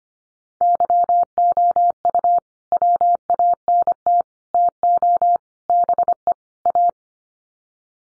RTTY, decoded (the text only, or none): none